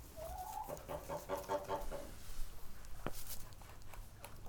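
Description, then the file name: Chicken squawk, a rising harmonic cry followed by a run of rapid clucks, then a sharp click and quieter rustling with low background rumble. Chickens in a barn, walking around the microphone, squawking and clucking. "freesound chickens and ducks"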